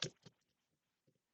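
The chest piece of a plastic transforming Bumblebee robot toy is pushed back and locked into its body, and the toy is pressed down to finish its one-step conversion. A sharp snap at 0.0 s marks the piece seating, followed by a softer click at about 0.3 s and faint taps near 1.1 s. The transformation locks into place.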